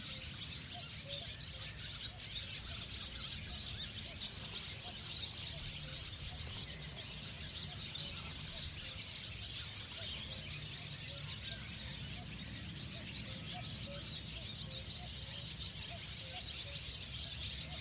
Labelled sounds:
Barn Swallow (Hirundo rustica) call

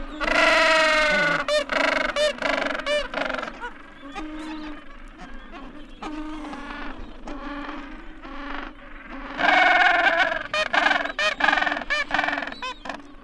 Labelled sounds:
Gentoo Penguin (Pygoscelis papua) call

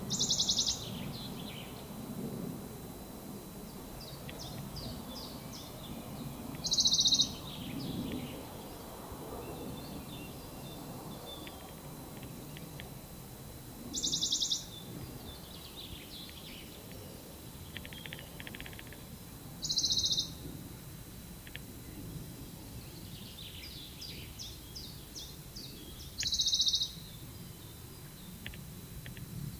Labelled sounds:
Western Bonelli's Warbler (Phylloscopus bonelli) song

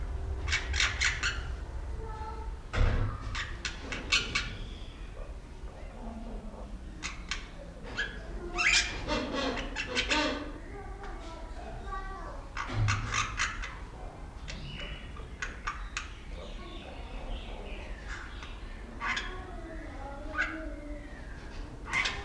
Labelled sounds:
Wreathed Hornbill (Rhyticeros undulatus)

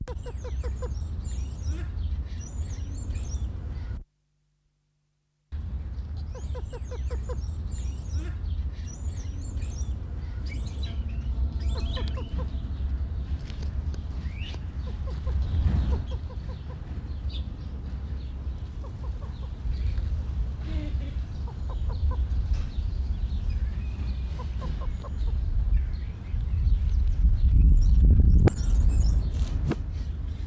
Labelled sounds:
Chestnut Teal (Anas castanea) call, Wattled Starling (Creatophora cinerea)

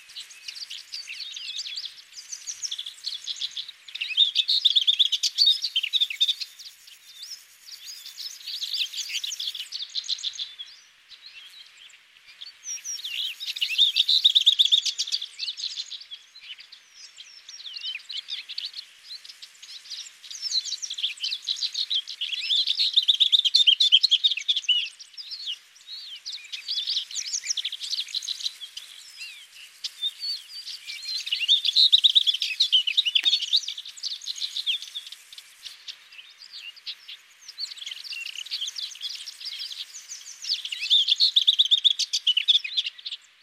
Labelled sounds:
Lesser Whitethroat (Sylvia curruca) song

